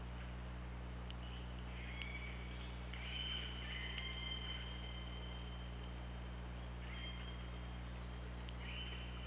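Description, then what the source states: Orca whistles and calls, long steady high tonal lines with a few short buzzy notes, set against constant low underwater hum and hiss. Recorded by OrcaLab hydrophone underwater, 24 August 2017, around 19:00.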